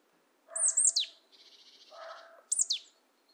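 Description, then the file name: Marsh tit calling: sharp high descending 'pitchoo' notes, a buzzy nasal rattle in the middle, then another pair of sharp high notes. "Poecile palustris"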